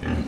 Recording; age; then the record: pig call; growing-finishing pig (85 days or more)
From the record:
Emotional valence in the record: negative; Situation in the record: barren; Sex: female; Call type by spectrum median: low-frequency call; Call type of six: low-frequency stable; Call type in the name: low-frequency stable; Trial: 1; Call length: 0.28 s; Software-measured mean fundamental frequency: 41 Hz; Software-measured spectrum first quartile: 143 Hz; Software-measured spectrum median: 279 Hz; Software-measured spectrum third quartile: 877 Hz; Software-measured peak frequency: 236 Hz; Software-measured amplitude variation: 161 dB a second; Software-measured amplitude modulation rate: 29.0 a second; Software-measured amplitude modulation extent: 5.6 dB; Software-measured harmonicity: -0.9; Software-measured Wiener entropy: -1.27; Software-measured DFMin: 690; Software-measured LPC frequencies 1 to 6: 1723, 2598, 4064, 5237, 6160, 7399 Hz